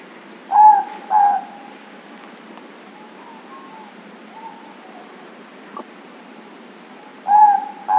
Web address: owls morepork